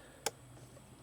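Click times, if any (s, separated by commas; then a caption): 0.3 s. The red plastic secondary lock on the MAF sensor connector of a 2012–2018 Ford Focus 2.0L is pushed closed. A single sharp, bright click sounds at 0.3 s against a quiet background, with a much fainter tick near the end. The lock seats closed.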